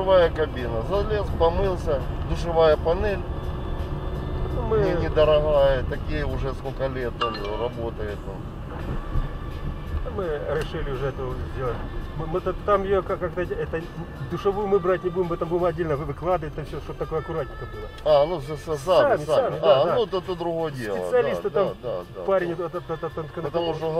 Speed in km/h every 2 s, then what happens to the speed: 31, 36, 37, 39, 38, 36, 33, 29, 25, 21, 14, 9.
0-5 speeds up to 39. 8-24 slows to 9.